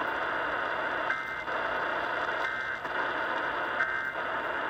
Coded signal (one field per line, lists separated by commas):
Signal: Emergency Alert System (SAME) tones